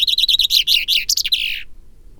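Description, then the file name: Common chaffinch singing one loud phrase of repeated sharp notes ending in an emphatic flourish, then quiet. "Fringilla coelebs"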